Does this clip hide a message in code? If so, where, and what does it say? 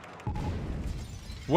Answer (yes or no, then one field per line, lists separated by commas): no